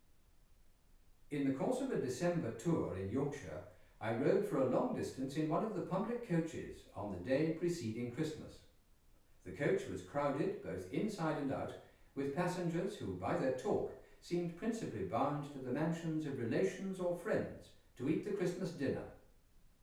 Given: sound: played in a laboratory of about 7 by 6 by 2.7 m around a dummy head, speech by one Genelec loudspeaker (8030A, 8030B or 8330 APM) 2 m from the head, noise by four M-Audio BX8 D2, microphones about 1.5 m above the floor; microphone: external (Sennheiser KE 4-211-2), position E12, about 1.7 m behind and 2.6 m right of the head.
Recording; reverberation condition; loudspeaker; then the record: male speech in English; medium; in front (0 degrees)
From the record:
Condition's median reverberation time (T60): about 510 ms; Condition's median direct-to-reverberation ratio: about -0.5 dB